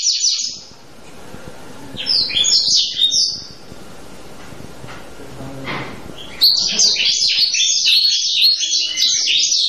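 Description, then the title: Canary song: a brief high trill, a few bouncing down-slurred notes, a quieter pause, then a loud run of rapid down-slurred notes continuing to the end. Singing energetically with long rolling trills; presented to prompt other canaries to answer. "LANGSUNG NYAUT GACOR DOR Kenari Manasaja, Dengan Kicau Kenari GACOR NGOTOT ROLL PANJANG"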